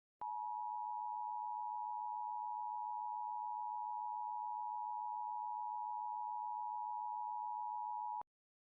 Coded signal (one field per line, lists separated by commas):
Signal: Emergency Alert System (SAME) tones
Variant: 853 and 960 Hz attention tone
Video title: EAS Short | UT RMT.